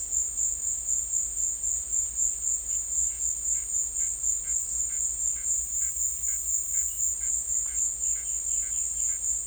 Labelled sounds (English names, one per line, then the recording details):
none
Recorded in secondary vegetation near Puerto Asís, Putumayo, Colombia, on 20 December 2024 at 14:30
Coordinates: 0.488, -76.319
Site GP04